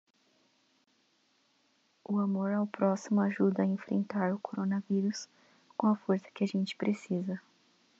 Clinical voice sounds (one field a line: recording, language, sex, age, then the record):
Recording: spoken sentence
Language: Brazilian Portuguese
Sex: female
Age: 20 to 29 years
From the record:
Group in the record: control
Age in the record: 23 years